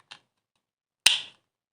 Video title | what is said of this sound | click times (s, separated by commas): OYUNCAK TELEFONUN PİL SORUNU BİTTİ! 🔋 I-Gen G490 AAA Şarj Edilebilir Pil İncelemesi - İlk Deneme | Tık diye oturdu. | 1.1 s